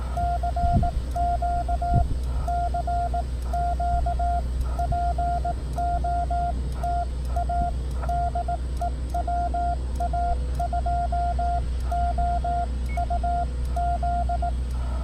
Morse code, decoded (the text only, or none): CQ CQ POTA DE WA2OUZ